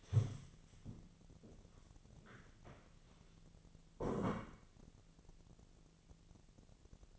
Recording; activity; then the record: daily activity, microphone in the room; stand up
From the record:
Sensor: 4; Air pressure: 1001.3 hPa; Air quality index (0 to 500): 182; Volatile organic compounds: 2 ppm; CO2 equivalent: 1304 ppm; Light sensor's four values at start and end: 14/33/14/14 and 14/33/14/14